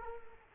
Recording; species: mosquito wingbeat signal from an infrared sensor; Culex quinquefasciatus